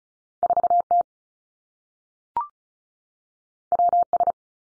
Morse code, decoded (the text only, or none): 4 T W S